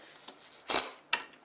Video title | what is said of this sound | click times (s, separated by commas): Computer Build Or Upgrade | press down there's a click turn it | 1.1 s